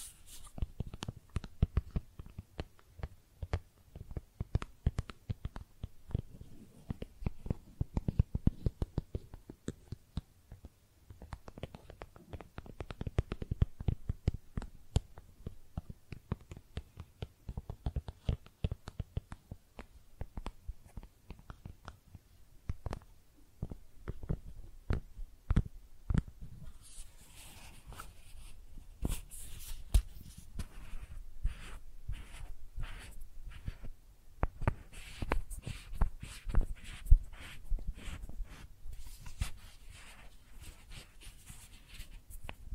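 Makeup being tapped and scratched in dense, irregular clicks throughout, with brighter, hissier scratching bursts from about 27 seconds onward.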